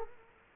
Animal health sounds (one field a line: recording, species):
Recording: mosquito wingbeat signal from an infrared sensor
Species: Culex quinquefasciatus